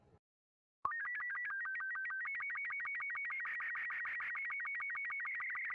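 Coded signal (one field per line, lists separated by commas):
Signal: SSTV (slow-scan television)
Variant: Robot 36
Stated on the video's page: Satellite signals from UMKA-1 received on a Quansheng K5 handheld with a 28-inch foldable antenna during a January SSTV event.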